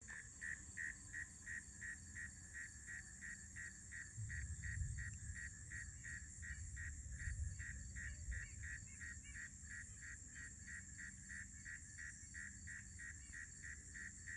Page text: Maryland Biodiversity. Northern Mole Cricket ( Neocurtilla hexadactyla )